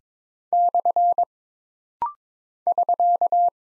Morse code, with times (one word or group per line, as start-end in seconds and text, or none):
0.5-1.2 /
2.7-3.5 <SK>